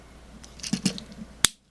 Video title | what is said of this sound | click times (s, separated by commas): Transformers Generations Orion Pax Video Review | that locks into place | 1.4 s